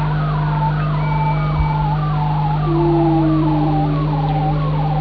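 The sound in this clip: Whale calls: a series of wavering, dipping moans repeated about twice a second, plus a long, slowly falling low tone, over a constant deep hum.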